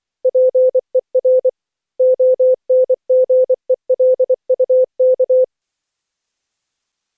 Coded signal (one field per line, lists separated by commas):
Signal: Morse code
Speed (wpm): 24 wpm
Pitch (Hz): 510 Hz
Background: none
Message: PER ONGELUK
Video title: Daily Minutes, November 24, 2015, without the Contestia.